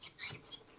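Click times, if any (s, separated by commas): none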